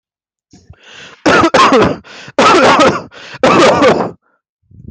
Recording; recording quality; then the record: heavy voluntary cough; excellent, no background noise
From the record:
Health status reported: healthy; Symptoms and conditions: cough, hypertension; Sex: male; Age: 39 years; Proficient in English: yes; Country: India